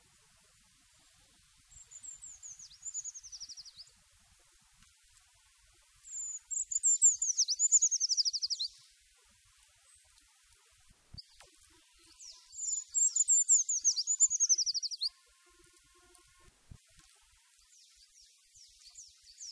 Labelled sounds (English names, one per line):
Eurasian Treecreeper song